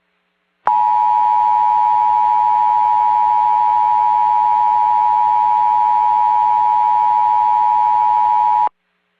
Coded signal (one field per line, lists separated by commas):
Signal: Emergency Alert System (SAME) tones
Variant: 853 and 960 Hz attention tone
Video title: Sorry for the very corrupted VHS…..second EAS video